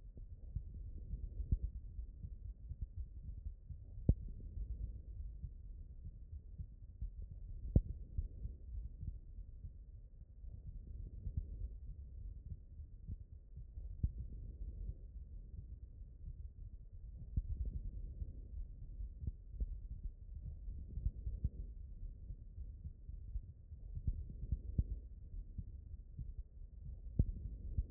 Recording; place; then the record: heart sounds by stethoscope; aortic valve (AV)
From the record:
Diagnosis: non-HFrEF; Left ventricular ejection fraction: 50%